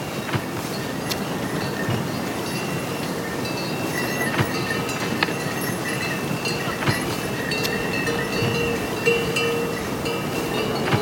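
A field recording from a hike up to Everest Base Camp: a steady, dense rushing hiss fills the whole clip without letting up. Faint thin tones hover above it, and short sharp clicks or knocks break through every couple of seconds.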